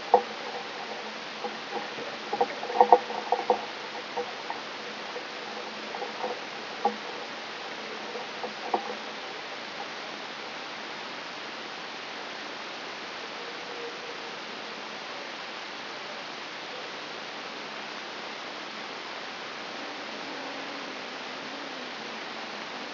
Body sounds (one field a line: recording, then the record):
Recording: brain microelectrode recording played as sound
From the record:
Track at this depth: outside the subthalamic nucleus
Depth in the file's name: 7.727 mm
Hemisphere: right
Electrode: 3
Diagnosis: Parkinson's disease